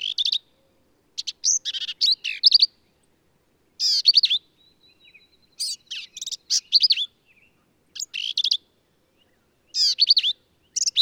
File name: Black-capped Vireo